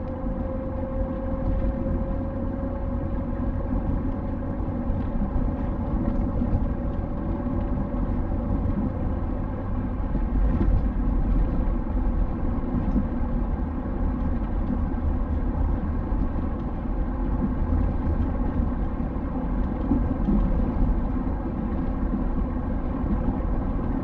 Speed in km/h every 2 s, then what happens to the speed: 69, 71, 72, 72, 76, 76, 73, 77, 78, 79, 80, 80.
0-24 speeds up to 80.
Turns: none.